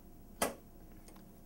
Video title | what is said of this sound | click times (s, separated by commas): Kinoflo Diva 200/400 | that solid sound, and then you've got light set in. | 0.4 s